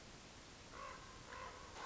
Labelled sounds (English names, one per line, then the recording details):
Common Raven
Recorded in Sonoma County, California